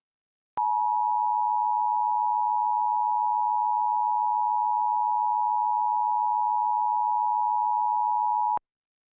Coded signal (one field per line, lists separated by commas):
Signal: Emergency Alert System (SAME) tones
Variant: 853 and 960 Hz attention tone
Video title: MARGINAL INSANITY 9: ENSO TERROR - EAS Alerts From 3/9/25 - 3/10/25 (EAS #3409-3430)